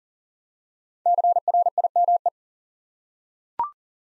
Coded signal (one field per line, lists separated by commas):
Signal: Morse code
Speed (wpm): 40 wpm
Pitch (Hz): 700 Hz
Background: none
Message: CRIME